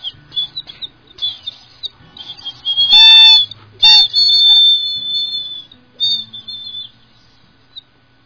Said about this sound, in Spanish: También tenemos pajaritos lindísimos, varios, tanto en la sierra como en la costa, y suenan de esta manera.